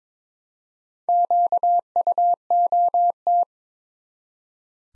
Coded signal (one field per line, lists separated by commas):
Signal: Morse code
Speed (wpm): 22 wpm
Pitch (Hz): 700 Hz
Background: none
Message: QUOT